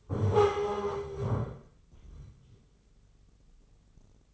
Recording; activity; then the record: daily activity, microphone in the room; stand up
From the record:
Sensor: 4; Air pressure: 996.7 hPa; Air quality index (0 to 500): 241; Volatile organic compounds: 349 ppm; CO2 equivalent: 4582 ppm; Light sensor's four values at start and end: 46/113/46/46 and 46/112/46/46